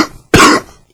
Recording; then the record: coughing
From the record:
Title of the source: Coughing 46